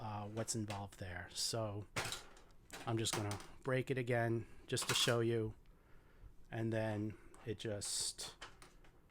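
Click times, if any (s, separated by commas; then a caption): 8.6 s, 8.8 s. Someone talks while a plastic Playmobil Novelmore Fortress toy wall section, deliberately broken apart, is pushed back into its neighbouring wall connector using two hands. Two short snaps are heard at 8.6 s and 8.9 s as the wall piece snaps back in and seats.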